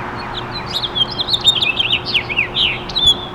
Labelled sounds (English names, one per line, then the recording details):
House Finch song
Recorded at East Hills on Long Island, New York, on 16 June 2013
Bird A